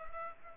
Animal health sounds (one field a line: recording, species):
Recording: mosquito wingbeat signal from an infrared sensor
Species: Culex pipiens